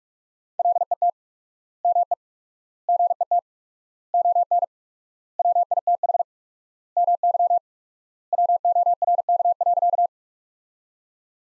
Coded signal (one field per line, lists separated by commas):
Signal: Morse code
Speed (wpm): 42 wpm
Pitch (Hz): 700 Hz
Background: none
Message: LET ME GET ON WITH MY WORK.